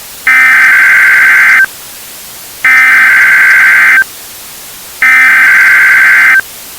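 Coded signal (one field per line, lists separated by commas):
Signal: Emergency Alert System (SAME) tones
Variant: header bursts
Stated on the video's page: Fictional EAS scenario about a climate calamity, simulated.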